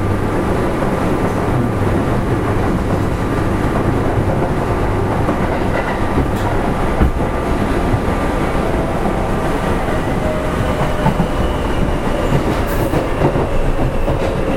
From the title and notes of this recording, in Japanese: 近畿日本鉄道７０００系電車の走行音です。大阪市営地下鉄中央線への直通列車で録音しました。区間は、生駒から谷町４丁目までです。